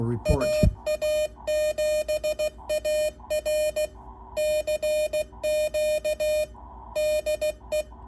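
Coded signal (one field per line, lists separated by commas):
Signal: Morse code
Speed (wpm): 16 wpm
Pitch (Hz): 610 Hz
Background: speech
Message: AA7AR CQ DE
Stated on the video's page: Morse CQ on 40 metres from a Hammertone Sierra rig fitted with a KC-1 keyer.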